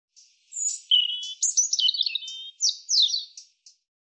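European robin singing a varied, high-pitched phrase of thin whistles, rapid trills and sharp descending notes, delivered in quick succession with no background noise.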